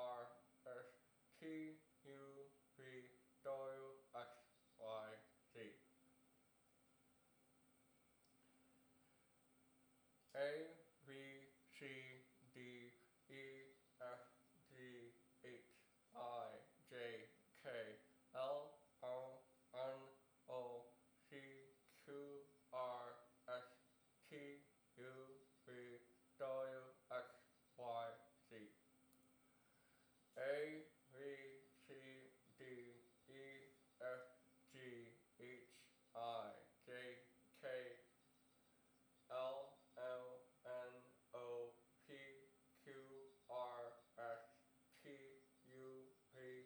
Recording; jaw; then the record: letters of the alphabet, spoken; constrained by a bite bar between the teeth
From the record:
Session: first day, right after the free take